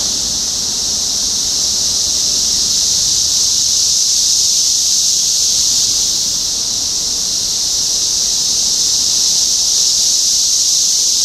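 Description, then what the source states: Cicadas in a steady chorus, a dense, unbroken high-pitched hiss. Cicadas recorded in Topeka, Kansas, on 14 June 2015.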